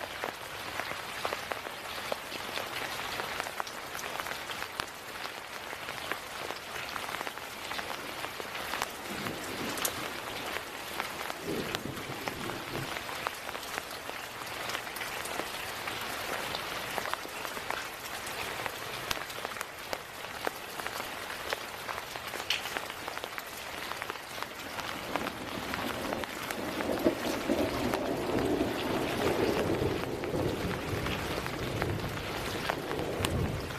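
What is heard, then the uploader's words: Rain falls steadily on a tent, a dense, even patter of countless drops spread from low to bright tones. The level stays nearly constant throughout, with a slightly heavier, fuller stretch after about 25 seconds and occasional louder individual drops. High Quality Rain on a Tent. Relaxing camping ambience with high quality rain falling on a tent.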